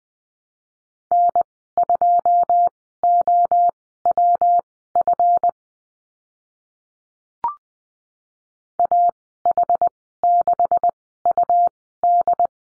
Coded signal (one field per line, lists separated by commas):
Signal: Morse code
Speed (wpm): 20 wpm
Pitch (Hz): 700 Hz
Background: none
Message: N2OWF AH6UD